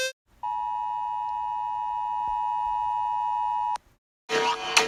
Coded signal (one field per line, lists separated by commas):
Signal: Emergency Alert System (SAME) tones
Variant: 853 and 960 Hz attention tone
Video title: Rating EAS alarms part 4 out of 4! (I wanted to express my opinion)